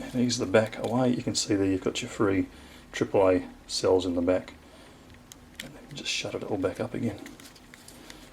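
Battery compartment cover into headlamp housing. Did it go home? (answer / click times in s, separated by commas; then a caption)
yes / 7.7 s, 7.9 s, 8.1 s. The plastic back cover of a Petzl Tikka headlamp's battery compartment, released by pushing down a small press stud at the top, is closed over three AAA cells, with the lip at the bottom going in first and the cover pressed into the housing until it latches. Someone talks, then short clicks are heard at 7.7, 7.9 and 8.1 seconds as the cover seats shut.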